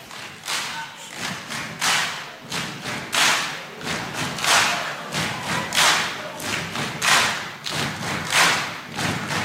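Applause opens a song that was a hit on the Polish Radio Program Three chart: steady, rhythmic bursts of clapping repeat throughout, bright and fairly loud, with a dull low thudding underneath and no voices.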